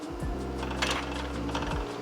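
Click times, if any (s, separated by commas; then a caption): 0.8 s, 1.6 s. A bike is lifted into a vertically mounted Kuat bike rack, and its tire is pressed into the rack's piston clamp arm, which ratchets closed around it. Over a steady low hum, sharp clicks sound at 0.8 s and 1.6 s as the piston compresses. The arm is seated on the tire and will not open back up.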